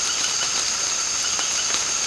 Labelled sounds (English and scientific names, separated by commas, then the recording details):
none
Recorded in secondary vegetation near Puerto Asís, Putumayo, Colombia, on 24 March 2025 at 18:30
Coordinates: 0.502, -76.326
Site G100